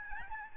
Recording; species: mosquito wingbeat signal from an infrared sensor; Aedes albopictus